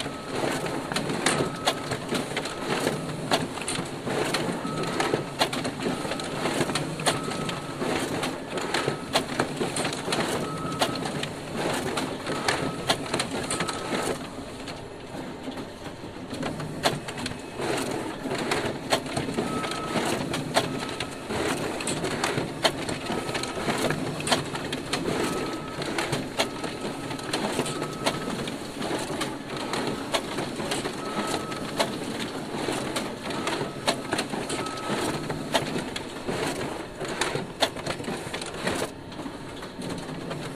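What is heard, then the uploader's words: A laser printer or photocopier runs steadily for the whole stretch, a dense mechanical clatter of rapid clicks and paper handling over a low whirring hum. A faint high tone pulses on and off at regular intervals, and the machine briefly thins out around fourteen seconds before resuming. Laser printer and photocopier recorded by Dan Bodah in April 2009, Brooklyn NY. Printing and photocopying.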